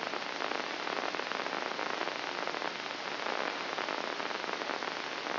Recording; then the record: brain microelectrode recording played as sound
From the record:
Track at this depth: inside the subthalamic nucleus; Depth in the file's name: 4.709 mm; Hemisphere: left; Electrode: 2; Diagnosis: Parkinson's disease